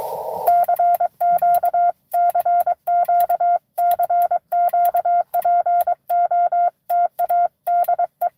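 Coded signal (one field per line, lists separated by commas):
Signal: Morse code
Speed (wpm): 23 wpm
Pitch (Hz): 700 Hz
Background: none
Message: CQ CQ CQ POTA DE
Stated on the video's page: Live CW Parks on the Air activation at US-2147 during a 12 days of Christmas event.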